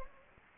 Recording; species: mosquito wingbeat signal from an infrared sensor; Anopheles gambiae